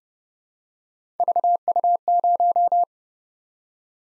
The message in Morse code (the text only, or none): VU0